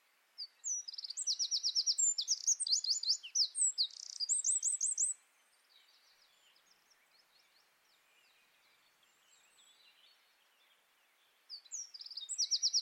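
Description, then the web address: Bird calls: a dense run of high, sharp chirps and quick twittering notes for about four seconds, then a pause, then another burst of high chirps near the end. "Deverinetal 2025 File origin Bird Only"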